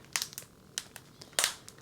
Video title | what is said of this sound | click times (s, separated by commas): Finally Taking Care of my Philodendron Melanochrysum Propagations and Extended a GrowPole! | and it connects you'll hear a click | 0.2 s